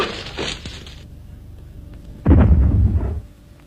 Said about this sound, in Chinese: 推土机手吴海波屋里又发出了爆炸声。这声爆炸不是地雷，也不是炸弹，是吴海波进行的小试验。